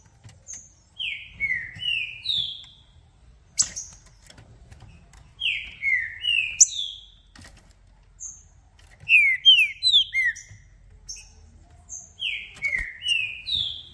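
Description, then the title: Green-winged saltator singing several phrases of slurred whistles, with thin high notes and a few clicks. Song played to warm up a caged bird for a singing contest, to make it call, sing and show male aggression, with several song types. "Esse É PERFEITO Para ESQUENTAR Seu TRINCA Piando, Cantando E Macheando Na DISPUTA. Trinca Ferro VALENTE! VIRANDO VARIOS TIPOS DE CANTOS!! Melhor para ABRIR O CANTO!!"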